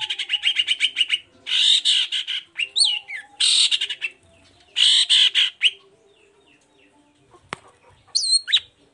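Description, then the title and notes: Long-tailed Shrike giving long, rasping, harsh squawks broken by a few sliding whistled notes, then a sharp click and a final whistle. Heard in the morning, 'toet toet' song variation; recording meant as a lure to provoke other shrikes into answering. "Langsung NYAUTTTTT ! Cendet Gacor Dor Di Kala Pagi Toet Toet Variasi Suara. Pancingan Emosi Cendet Gacor Full Variasi Toet Toet Bikin Nyaut Cendet Lain Langsung Ikutan Bunyi. Burung cendet"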